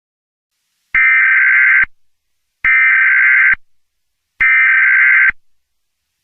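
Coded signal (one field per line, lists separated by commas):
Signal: Emergency Alert System (SAME) tones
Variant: header bursts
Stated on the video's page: Simulated EAS alert tones in a fictional alien invasion scenario.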